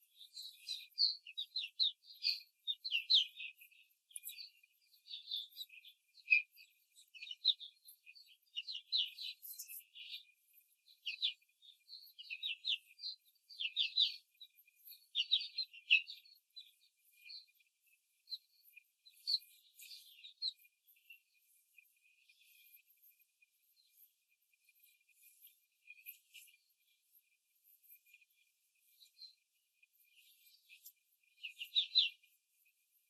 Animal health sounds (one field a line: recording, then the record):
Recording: young laying hens in a cage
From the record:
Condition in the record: control cage, after the stress test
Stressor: none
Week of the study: 4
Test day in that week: 1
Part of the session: 3